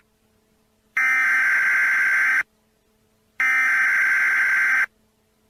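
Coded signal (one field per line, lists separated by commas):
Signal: Emergency Alert System (SAME) tones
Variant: header bursts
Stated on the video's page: Fictional EAS scenario.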